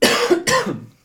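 Two quick, harsh adult cough bursts within about one second, close and dry with no background noise, unprocessed and recorded with a Rode NT2000 microphone.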